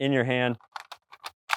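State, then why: Seated. Someone talks briefly, then a plastic part (a barrel attachment or cylinder shell) is fitted by hand into a toy foam-dart revolver blaster with a few light plastic taps and clicks. At 1.5 s it clicks into place and is seated; the part only goes in one way.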